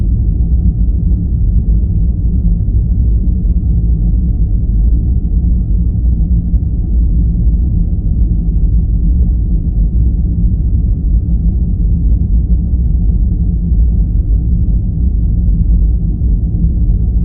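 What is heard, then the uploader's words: A deep, steady hum fills starship sleeping quarters, a dense low rumble with nothing above the low-mid range. The level holds constant for the whole stretch, with no distinct events, only a faint churning texture within the drone, like engines. Starship Sleeping Quarters - Sleep Sounds.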